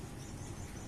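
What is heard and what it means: A hand handles the second plastic side latch on a cat litter box enclosure, with only a steady, even hiss of broadband noise and no distinct impact. Nothing has seated or clicked yet; the latch has not snapped shut by the end of the clip.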